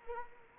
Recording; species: mosquito wingbeat signal from an infrared sensor; Anopheles arabiensis